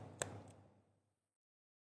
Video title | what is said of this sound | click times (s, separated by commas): Série V - FOTRIC - Guide d’utilisation - Caméra thermique infrarouge | to push all the way until you hear a little click. | 0.2 s